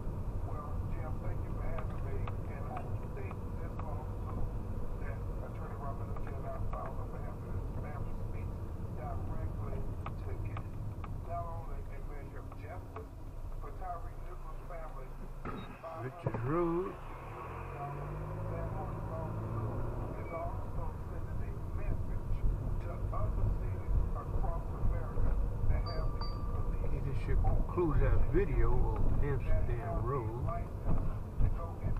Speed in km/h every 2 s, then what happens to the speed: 23, 21, 21, 21, 19, 15, 6, 0, 0, 6, 16, 18, 21, 21, 21, 19.
0-9 steady at about 21. 9-14 brakes to 0. 14-17 standing. 17-21 pulls away to 18. 21-32 steady at about 21.